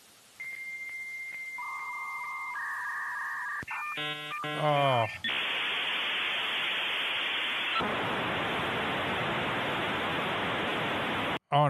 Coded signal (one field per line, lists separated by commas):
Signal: dial-up modem handshake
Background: speech